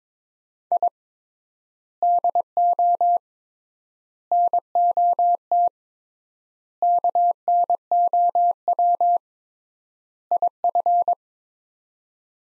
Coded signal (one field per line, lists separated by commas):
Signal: Morse code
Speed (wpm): 22 wpm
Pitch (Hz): 700 Hz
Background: none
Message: I DO NOT KNOW IF